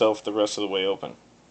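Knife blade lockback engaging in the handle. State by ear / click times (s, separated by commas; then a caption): not seated / none. Someone talks while handling a folding knife, swinging the blade toward fully open so the lockback can engage in the handle. Only speech is heard, and the lockback has not snapped into place yet; nothing has seated or clicked.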